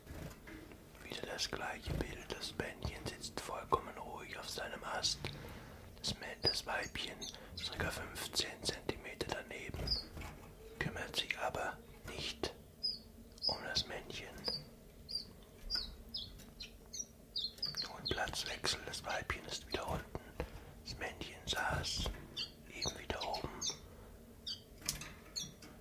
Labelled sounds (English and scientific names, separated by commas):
Common Chiffchaff (Phylloscopus collybita)